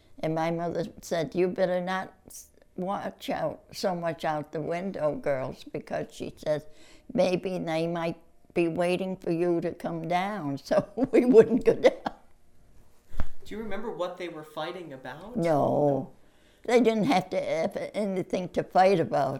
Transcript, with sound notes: And my mother said, "You better not watch out so much out the window, girls, because," she said, "maybe they might be waiting for you to come down." So we wouldn't go down. (Laughs)
Do you remember what they were fighting about?
No. They didn't have to have anything to fight about.